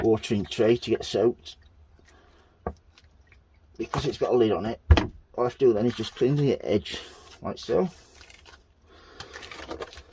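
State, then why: Seated. Someone talks while pressing the clear plastic lid of a recycled food container, used as a mini propagator for zinnia seeds, down around its rim. A run of small clicks sounds at 9.2, 9.4, 9.5, 9.7, 9.8 and 9.9 seconds as the lid snaps shut and seats in place.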